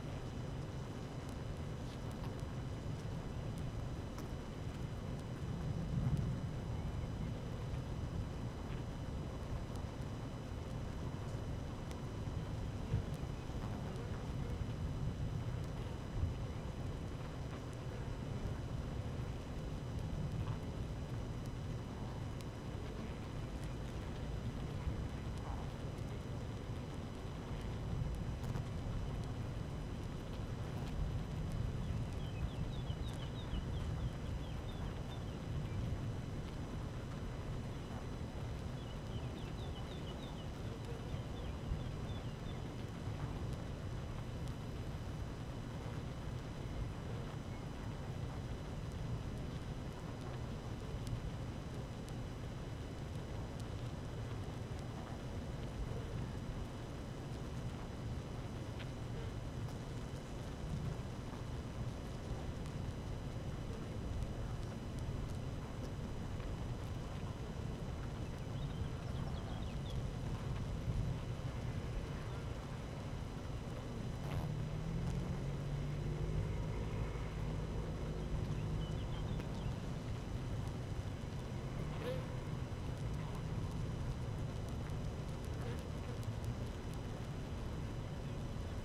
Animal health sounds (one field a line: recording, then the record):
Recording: honeybee colony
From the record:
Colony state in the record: active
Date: 12 June 2018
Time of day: 12:40